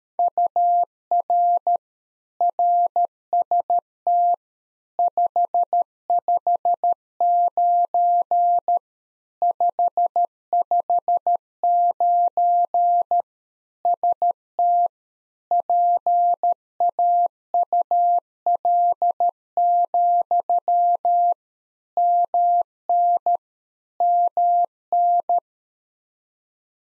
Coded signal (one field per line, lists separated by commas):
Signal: Morse code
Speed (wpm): 13 wpm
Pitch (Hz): 700 Hz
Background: none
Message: UR RST 559 559 ST PAUL, MN MN